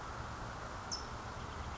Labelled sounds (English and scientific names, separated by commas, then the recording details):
California Towhee (Melozone crissalis)
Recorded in Sonoma County, California